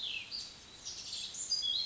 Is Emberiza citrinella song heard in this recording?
no